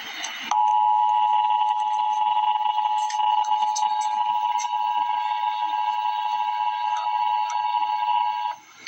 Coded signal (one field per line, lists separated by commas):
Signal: Emergency Alert System (SAME) tones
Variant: 853 and 960 Hz attention tone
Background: speech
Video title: Emergency Alert System - Special Weather Statement - Jul 7, 2025 at 2:24 PM EDT